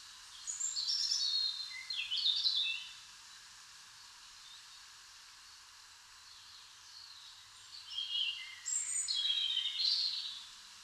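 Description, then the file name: European robin song, sweet high warbling phrases mixing quick trills and falling whistles, one phrase early and another after a pause of roughly five seconds. "Erithacus rubecula"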